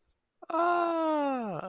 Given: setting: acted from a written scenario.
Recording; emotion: vocal sound without words; interest